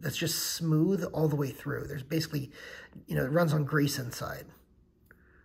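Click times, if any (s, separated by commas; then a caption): 5.1 s. Someone talks as the blade of a Chris Reeve Inkosi folding knife is swung open on its greased pivot. At 5.1 s a short, sharp click is heard as the metal frame lock engages and locks the blade open.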